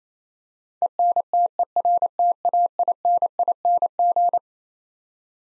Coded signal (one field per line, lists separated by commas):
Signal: Morse code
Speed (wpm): 27 wpm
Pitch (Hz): 700 Hz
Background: none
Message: ENTERTAINING